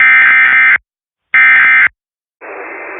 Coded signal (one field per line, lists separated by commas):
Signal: Emergency Alert System (SAME) tones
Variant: end-of-message bursts